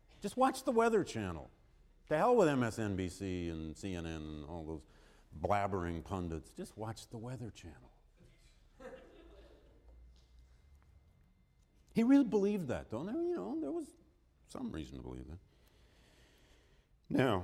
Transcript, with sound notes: just watch the weather channel, to hell with MSNBC and CNN and all those blabbering pundits, just watch the weather channel. [Laughter] He really believed that though, and there was some reason to believe it. Now,